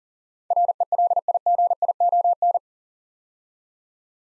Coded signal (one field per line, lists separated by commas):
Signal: Morse code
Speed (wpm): 42 wpm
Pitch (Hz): 700 Hz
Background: none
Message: RELIGION